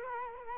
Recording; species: mosquito wingbeat signal from an infrared sensor; Culex quinquefasciatus